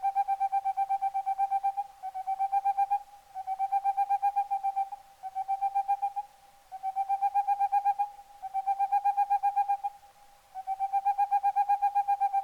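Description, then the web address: Boreal owl song of quick, staccato hoots on one steady pitch, in short bursts separated by brief pauses. "CIvetta capogrosso"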